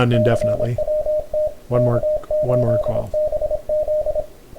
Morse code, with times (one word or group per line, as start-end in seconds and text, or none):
0.1-1.5 CWT
1.7-4.2 K8BZ